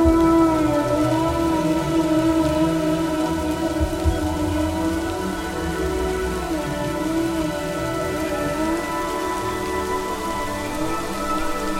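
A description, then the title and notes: Slow, sustained violin music plays over a steady wash of rain. Long held notes overlap in the middle and upper range, with a gentle rising glide near the end. The rain patter stays dense and even throughout, and the volume barely changes. Relaxing violin music with rain sounds for sleeping.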